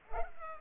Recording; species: mosquito wingbeat signal from an infrared sensor; Culex pipiens